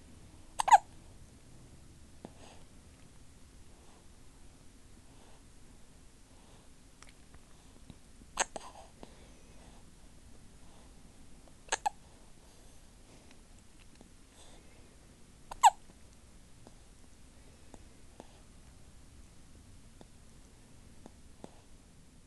Hiccups and heavy breathing.